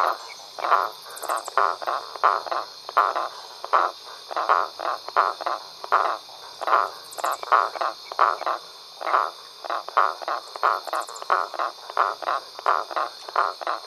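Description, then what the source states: Frogs croaking in a steady chorus of short, rough pulses, with a constant high hum behind. Several frogs at a pond at night.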